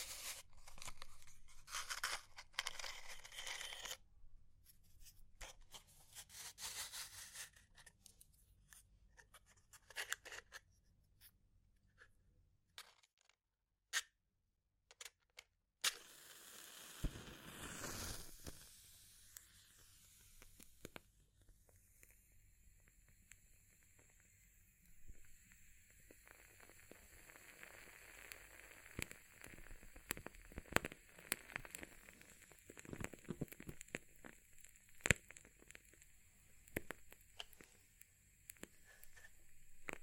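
Fire crackling with scattered taps and scratches, the noises coming in bursts and dense patches over the first fifteen seconds with near-silent gaps between. Around 16 to 20 seconds a louder rushing scrape sweeps through, then a steadier hiss returns with frequent sharp pops and crackles.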